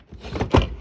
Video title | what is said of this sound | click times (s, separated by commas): Elddis Signature 194 Handover | it back in push it in when I clips in the handles down that's locked into place | 0.6 s